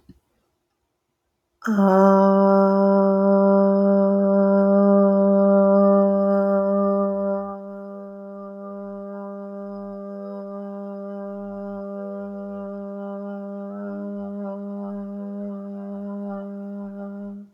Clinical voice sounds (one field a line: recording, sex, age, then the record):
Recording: vowel held as long as possible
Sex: female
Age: 40 to 49 years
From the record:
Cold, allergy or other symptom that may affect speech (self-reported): no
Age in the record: 43 years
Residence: Texas, United States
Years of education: 14